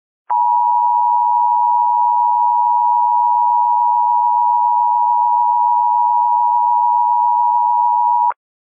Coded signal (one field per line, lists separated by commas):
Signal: Emergency Alert System (SAME) tones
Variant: 853 and 960 Hz attention tone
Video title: EAS Scenario - Blue Moon Virus Remastered